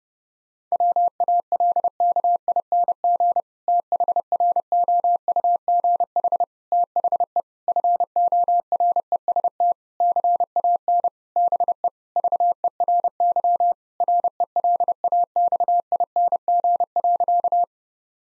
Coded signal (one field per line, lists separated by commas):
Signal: Morse code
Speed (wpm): 32 wpm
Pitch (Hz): 700 Hz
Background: none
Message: WALKING THROUGH THE FOREST CAN BE VERY RELAXING.